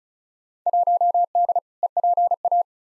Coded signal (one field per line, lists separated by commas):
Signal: Morse code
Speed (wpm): 36 wpm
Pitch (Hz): 700 Hz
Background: none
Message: 1D EPA